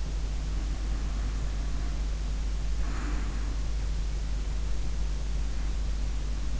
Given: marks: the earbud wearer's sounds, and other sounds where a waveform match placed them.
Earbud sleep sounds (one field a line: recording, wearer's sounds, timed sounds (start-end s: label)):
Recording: sounds in sleep by an in-ear microphone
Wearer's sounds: breath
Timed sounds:
0.39-3.82 s: breath